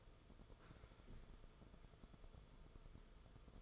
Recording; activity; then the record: daily activity, microphone in the room; sit down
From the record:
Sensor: 5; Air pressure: 994.5 hPa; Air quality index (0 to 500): 184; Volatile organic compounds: 1000 ppm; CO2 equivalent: 5368 ppm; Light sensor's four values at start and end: 23/57/24/28 and 15/36/15/16